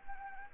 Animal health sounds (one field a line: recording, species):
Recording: mosquito wingbeat signal from an infrared sensor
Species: Anopheles arabiensis